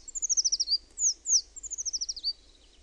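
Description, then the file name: Eurasian treecreeper song: two very high, thin, descending trilled phrases, each ending in a flourish, separated by a pair of sharp, downslurred notes. "PUUKIIPIJA"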